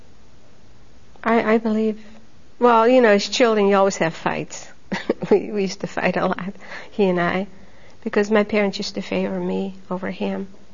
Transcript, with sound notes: - I believe, well, you know, as children you always have fights. ( she laughs ) We used to fight a lot, he and I, because my parents used to favor me over him.